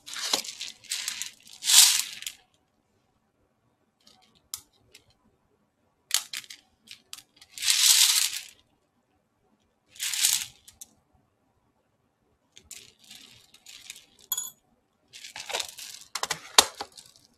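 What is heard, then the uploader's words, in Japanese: Hand picking: short bursts of bright, dry rattling and clattering, like small hard pieces being shuffled and tipped, come in clusters around the start, near 6–8 and 10 seconds, and again from 13 seconds on. Quiet gaps separate them, broken by occasional single clicks. ハンドピッキング。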